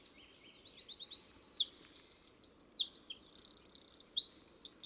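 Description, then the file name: Eurasian wren song builds from soft notes into a loud, fast string of high twittering phrases and a rattling trill, still going at the end. "Troglodytes troglodytes"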